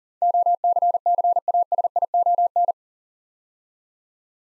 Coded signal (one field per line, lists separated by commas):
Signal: Morse code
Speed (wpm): 38 wpm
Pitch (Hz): 700 Hz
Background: none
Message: OCCASION